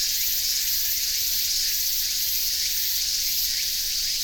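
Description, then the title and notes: Walker's cicada song within a dense cicada chorus, a steady high buzzing wash with faint rising pulsed strokes repeating. Chorus with robust cicada and large brown cicada at Shiroyama, Isobe; recorded with a ZOOM H6. "磯部の城山. ツクツクボウシ、ミンミンゼミ、アブラゼミの合唱です。"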